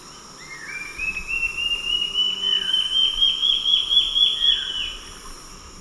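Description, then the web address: Olivaceous woodcreeper song: a rapid, even series of clear notes climbing gradually in pitch for about four seconds before fading, over a faint steady hiss. Song; eastern lowlands of South America. "Natures Songs S America Eastern Lowlands. Sittasomus griseicapillus, song"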